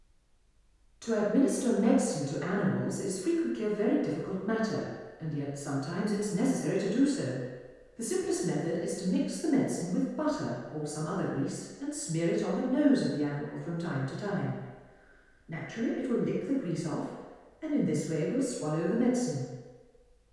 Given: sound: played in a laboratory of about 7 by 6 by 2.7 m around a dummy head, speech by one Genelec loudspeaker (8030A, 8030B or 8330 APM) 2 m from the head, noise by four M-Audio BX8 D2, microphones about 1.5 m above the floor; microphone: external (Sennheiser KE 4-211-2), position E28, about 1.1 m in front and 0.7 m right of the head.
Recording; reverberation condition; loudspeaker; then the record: female speech in English; high; behind (180 degrees)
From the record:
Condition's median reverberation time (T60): about 1300 ms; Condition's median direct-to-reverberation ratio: about -4.0 dB